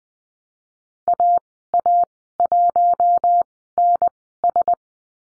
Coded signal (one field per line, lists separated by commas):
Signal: Morse code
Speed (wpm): 20 wpm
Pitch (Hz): 700 Hz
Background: none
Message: A A 1 N S